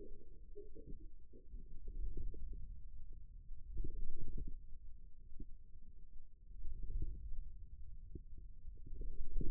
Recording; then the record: forearm muscle sounds (acoustic myography)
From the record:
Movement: wrist extension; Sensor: system 2, bracelet of six BSWA MPA416 microphones around the upper forearm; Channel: 4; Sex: male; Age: 22 years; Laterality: right